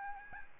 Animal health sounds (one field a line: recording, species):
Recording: mosquito wingbeat signal from an infrared sensor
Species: Aedes albopictus